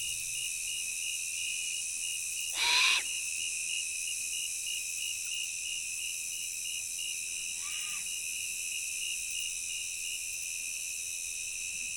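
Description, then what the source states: Great horned owl gives two harsh, hissing screeches, the second fainter, about five seconds apart over a steady high insect drone. Immature bird calling at night from a tree ahead, with a second one calling in the distance; prairie, late summer.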